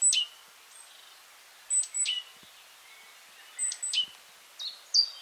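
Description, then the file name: Great tit calls: short sharp high notes in several small bursts, with faint thin notes between. "Parus major"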